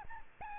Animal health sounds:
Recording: mosquito wingbeat signal from an infrared sensor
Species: Aedes albopictus

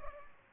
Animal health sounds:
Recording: mosquito wingbeat signal from an infrared sensor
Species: Culex pipiens

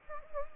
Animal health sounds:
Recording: mosquito wingbeat signal from an infrared sensor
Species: Anopheles gambiae

